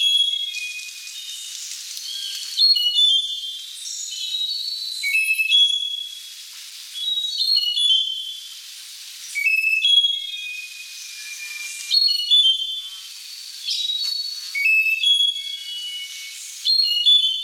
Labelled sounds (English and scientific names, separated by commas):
Slaty-backed Nightingale-Thrush (Catharus fuscater) song